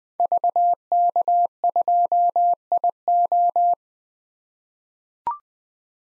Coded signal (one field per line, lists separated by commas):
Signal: Morse code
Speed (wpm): 20 wpm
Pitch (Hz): 700 Hz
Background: none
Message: VK2IO